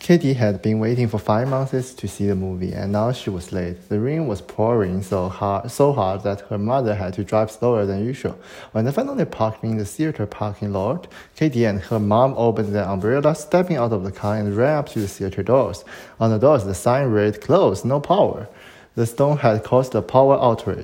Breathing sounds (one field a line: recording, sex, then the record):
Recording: reading aloud after running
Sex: male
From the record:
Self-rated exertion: light exertion (2 of 6)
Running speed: 7 miles an hour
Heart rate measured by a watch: 104 beats a minute at the start, 103 at the end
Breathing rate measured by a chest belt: 22 breaths a minute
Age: 23 years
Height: 172 cm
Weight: 73 kg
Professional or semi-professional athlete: no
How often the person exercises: 3 to 5 times a week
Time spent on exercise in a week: over 5 hours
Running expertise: yes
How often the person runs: 3 to 5 times a week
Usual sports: running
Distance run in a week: 40 km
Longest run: 20 km